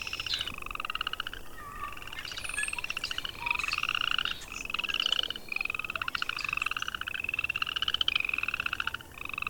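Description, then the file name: Several frogs trilling in rapid buzzy pulses, calls overlapping and stopping in short breaks. At a pond. "pond frog bird cleaned"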